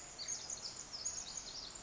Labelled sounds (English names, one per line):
Pacific Wren